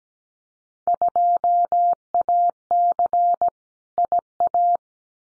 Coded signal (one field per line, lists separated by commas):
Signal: Morse code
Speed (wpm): 17 wpm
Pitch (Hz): 700 Hz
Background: none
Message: 2AC IA